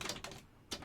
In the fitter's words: and that clicks down